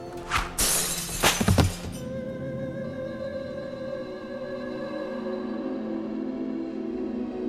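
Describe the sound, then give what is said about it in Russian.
A heavy glass bottle, thrown at someone's head, smashes with a loud crash, a burst of sharp bright shards over about two seconds, followed by a long, faint ringing tail of tinkling resonance. “Я успел заметить только, как он заносит руку, а затем увидел тяжелую стеклянную бутылку, летящую прямо мне в голову.”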